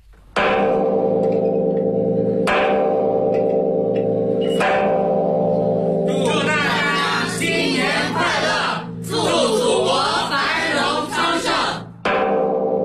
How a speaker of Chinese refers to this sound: 钟声连连辞旧岁，三阳开泰喜迎春。大年初一凌晨时分，孔子故里山东曲阜孔庙阙里街上，钟楼里的钟声再一次响起。来自全国各地的游客学子身着汉服敲钟祈福，为亲朋好友许下新年的美好愿望。